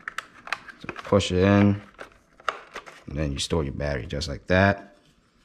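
A battery is pushed into and stored in a toy gel blaster, with sharp plastic handling taps and rustles around someone talking. The plastic battery compartment latch has not been pushed up yet, and nothing has seated or clicked shut.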